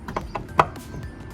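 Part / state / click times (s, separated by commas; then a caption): license plate light housing into rear bumper recess / seated / 0.6 s. An LED license plate light housing on a BMW E90 is fitted into its rear bumper opening, started from the right-hand clip side and pushed in. A couple of small ticks at about 0.2 s and 0.4 s lead up to one sharp, loud snap at 0.6 s, when the housing seats in place.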